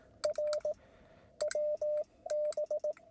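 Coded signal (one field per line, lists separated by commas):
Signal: Morse code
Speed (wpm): 20 wpm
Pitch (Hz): 590 Hz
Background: none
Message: R WB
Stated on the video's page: CW Parks on the Air activation from a windy mountain pass, QRP, wire antenna, IC-705 transceiver.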